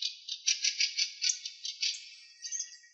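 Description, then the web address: Fieldfare giving harsh, dry chattering calls, a rapid series of rattling notes lasting a few seconds before tailing off. "Turdus pilaris"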